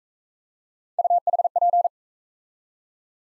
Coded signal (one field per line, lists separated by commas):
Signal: Morse code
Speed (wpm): 39 wpm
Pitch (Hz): 700 Hz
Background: none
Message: UHP